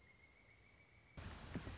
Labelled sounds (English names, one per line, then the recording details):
Pileated Woodpecker
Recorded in Sonoma County, California